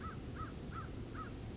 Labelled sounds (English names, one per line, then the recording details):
American Crow
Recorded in Sonoma County, California